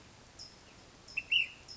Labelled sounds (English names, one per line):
California Towhee